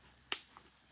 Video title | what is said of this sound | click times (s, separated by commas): National Yo Yo Day. | Can you hear it snap? I don't know if you can hear it snap or not. | 0.3 s